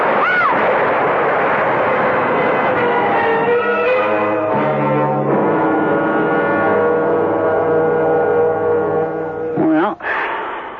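A tree comes down amid loud, rumbling noise, with a drawn-out groaning creak of shifting pitch building over several seconds before a sharp break near the end.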